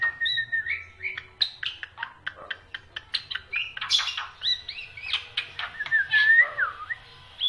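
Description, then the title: Black-winged myna singing rapid clicks and short buzzy chips, mixed with warbled whistles and a long slurred note near the end. Dense, varied song of a prolific singer, used for training other songbirds (masteran). "Kicauan Rapat Jalak Putih Gacor Banyak Variasi Untuk Masteran"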